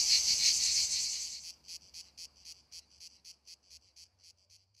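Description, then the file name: Cicada song: an intense high buzz for about a second and a half, then breaking into a rapid series of short pulsed bursts, fading slightly. "CHANT CIGALE"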